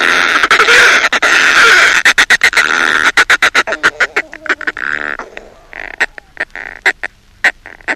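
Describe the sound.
Northern fulmar uttering a long rough, wheezing chatter that breaks into fast, clipped staccato notes, then slows into spaced harsh clucks.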